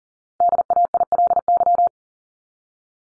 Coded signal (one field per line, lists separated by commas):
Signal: Morse code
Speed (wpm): 40 wpm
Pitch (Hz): 700 Hz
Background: none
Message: DAILY